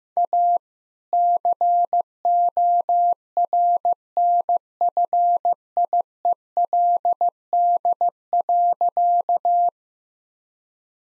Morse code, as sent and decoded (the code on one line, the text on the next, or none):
.- / -.-. --- .-. -. ..-. .. . .-.. -.. .-.-.-
A CORNFIELD.